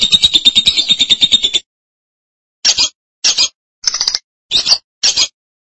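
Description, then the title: Lovebird chattering: a brief burst of rapid high squeaks, followed by five short sharp chirps at a steady spacing. "BM Suara Burung Lovebird"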